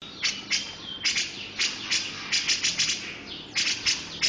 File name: cucak jenggot om firly